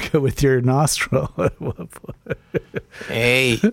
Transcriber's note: laughter